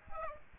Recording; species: mosquito wingbeat signal from an infrared sensor; Aedes aegypti